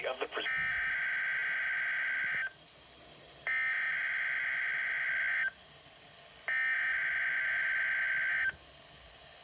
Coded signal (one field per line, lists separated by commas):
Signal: Emergency Alert System (SAME) tones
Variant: header bursts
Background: speech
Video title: Required Weekly Test: NOAA WR-120EZ [EAS #2]